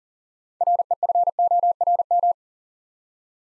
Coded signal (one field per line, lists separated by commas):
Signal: Morse code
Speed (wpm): 42 wpm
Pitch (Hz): 700 Hz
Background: none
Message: REFORM